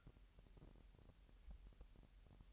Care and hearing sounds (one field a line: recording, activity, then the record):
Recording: daily activity, microphone in the room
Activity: take from stove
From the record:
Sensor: 3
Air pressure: 1001.9 hPa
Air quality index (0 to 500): 244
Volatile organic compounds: 46 ppm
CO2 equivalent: 3243 ppm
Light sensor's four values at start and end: 6/15/6/6 and 6/15/6/6